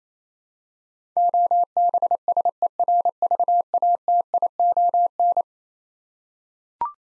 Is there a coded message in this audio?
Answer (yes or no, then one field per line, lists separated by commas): yes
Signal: Morse code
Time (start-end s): 1.2-5.4 s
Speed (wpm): 27 wpm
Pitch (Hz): 700 Hz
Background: none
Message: OBSERVATION